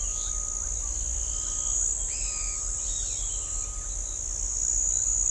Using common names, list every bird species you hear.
Pale-eyed Pygmy Tyrant